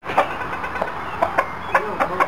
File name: chickens